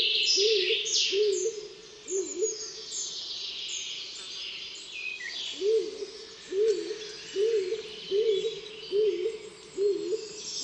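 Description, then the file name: Stock dove giving deep, repeated coos, each rising then falling, about once a second, with a pause of a few seconds after the first three, over a busy background of chirping songbirds. "siniak"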